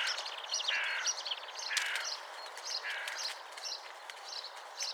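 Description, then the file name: Common chaffinch calls, short chirping notes in paired bands, repeated roughly once a second over steady background hiss with a few sharp clicks. "Fringilla coelebs"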